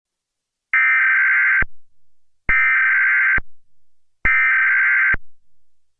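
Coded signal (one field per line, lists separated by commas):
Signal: Emergency Alert System (SAME) tones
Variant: header bursts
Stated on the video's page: Fictional scenario built from valid tones.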